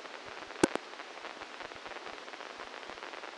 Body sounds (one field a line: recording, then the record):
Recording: brain microelectrode recording played as sound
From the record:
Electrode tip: inside the subthalamic nucleus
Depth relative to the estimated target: -1 mm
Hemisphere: left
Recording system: NeuroSet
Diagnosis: Parkinson's disease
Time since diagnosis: 12 years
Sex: male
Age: 61 years